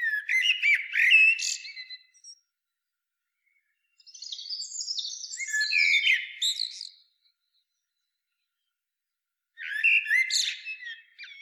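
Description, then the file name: Common blackbird singing separate phrases, mellow whistled notes followed by thin squeaky twittering, with pauses of a couple of seconds between. "Turdus merula"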